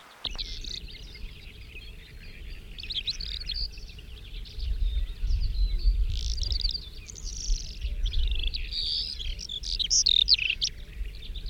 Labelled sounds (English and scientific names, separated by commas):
Calandra Lark (Melanocorypha calandra) song